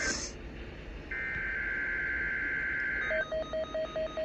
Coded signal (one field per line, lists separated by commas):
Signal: Emergency Alert System (SAME) tones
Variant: header bursts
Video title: WXL46 Required Weekly Test [EAS #257]